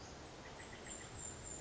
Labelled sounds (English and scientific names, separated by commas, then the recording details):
Western Flycatcher (Empidonax difficilis)
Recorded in Sonoma County, California